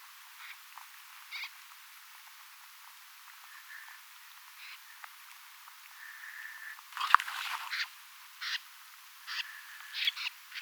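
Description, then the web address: Snipe calls: scattered scratchy, rasping notes, building to a dense burst of harsh calls later, then several more spaced calls. Compilation of recordings from 5 October 2024; many snipes present, reportedly including some pin-tailed snipes. "paivat 5 10 2024 kurppia paljon siella on joukossa tietaakseni joitakin suippopyrstokurppalintuja kooste"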